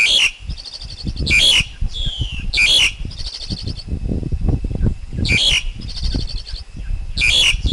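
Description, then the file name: Black-collared Starling uttering loud harsh screeches alternating with rattling, chattering trills and a squeaky slurred note, over low rumbling noise. Wild forest bird's song, used for teaching young birds to sing. "Tieng chim ca cuong rung tap chim con hot"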